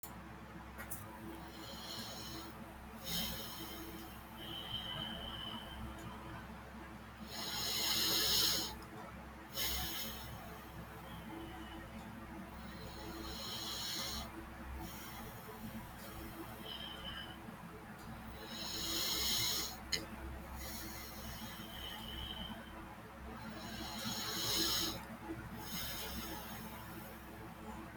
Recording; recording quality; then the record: deep breathing; excellent, no background noise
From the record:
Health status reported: respiratory illness, not identified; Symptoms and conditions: asthma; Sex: male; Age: 27 years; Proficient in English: yes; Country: India